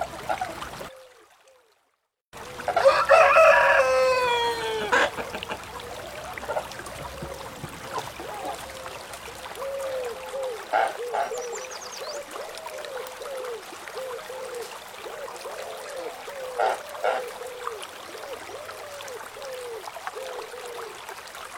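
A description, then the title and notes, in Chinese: A rooster crows in the countryside, one loud drawn-out crow right after a brief silence near the start. After it, short chirping calls repeat at a quick, steady pace to the end over a soft constant hiss, with sharper bursts near 11 and 17 seconds. 田园鸡啼。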